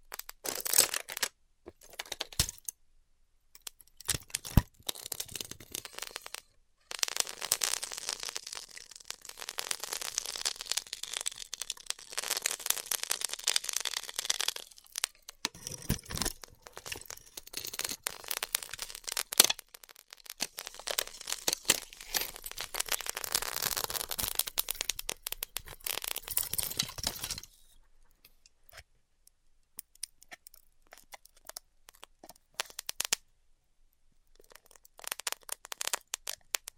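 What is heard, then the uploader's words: Styrofoam being heat cut, a dense crackling hiss in irregular bursts, busiest from seconds 7 to 27, then sparse crackles and silence. ASMR Styrofoam Heat Cutting (No Talking).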